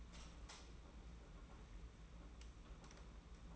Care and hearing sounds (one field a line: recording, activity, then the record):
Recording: daily activity, microphone in the room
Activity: light off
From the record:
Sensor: 1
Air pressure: 991.9 hPa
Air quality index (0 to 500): 213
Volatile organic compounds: 1000 ppm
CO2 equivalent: 8263 ppm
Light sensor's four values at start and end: 14/40/16/17 and 10/22/9/10